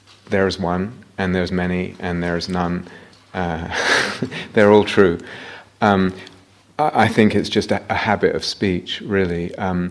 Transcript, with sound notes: there is one. And there are many. And there are none. [laughs] They're all true. I think it's just a habit of speech, really,